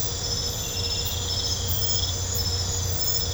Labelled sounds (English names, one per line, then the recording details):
none
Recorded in pastures near Puerto Asís, Putumayo, Colombia, on 20 December 2024 at 23:30
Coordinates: 0.502, -76.324
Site G077